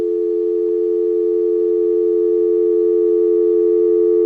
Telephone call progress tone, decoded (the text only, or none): dial tone